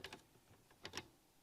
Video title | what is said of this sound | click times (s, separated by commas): Explore Scientific LIVE | the key Center snaps into place and that's oh that's so easy yeah | 0.9 s, 1.0 s